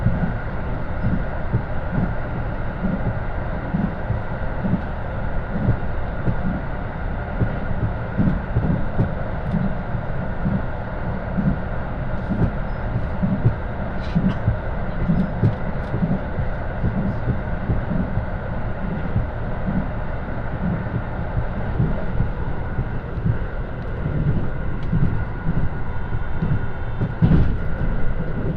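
A Kintetsu-area Kansai Line limited express, the Nanki No. 6 diesel railcar, heard running from Kuwana toward Nagoya. A steady, dense low rumble with a throbbing engine drone holds throughout, with faint rhythmic thumps and a brief sharper clank near the end.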